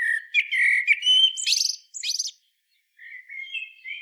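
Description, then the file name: Common blackbird song, a rich whistled run ending in two high scratchy bursts, then after a short pause a softer, lower fluted phrase begins. "Turdus merula"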